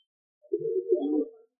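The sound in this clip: Pigeon giving a single low coo, about a second long, against a quiet background.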